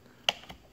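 A plastic twist-lock LED bulb socket with metal tabs is lined up and pushed firmly into the back of an F-350 instrument cluster housing. A sharp click lands at 0.3 s, followed by a fainter tap at 0.5 s. The socket is seated.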